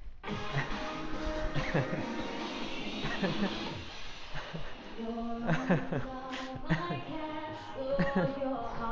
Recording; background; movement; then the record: laughter; music; walking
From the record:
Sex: male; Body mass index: 20.5 kg/m2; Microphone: on the chest, facing outward